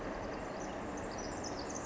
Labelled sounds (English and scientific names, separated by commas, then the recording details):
Pacific Wren (Troglodytes pacificus)
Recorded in Sonoma County, California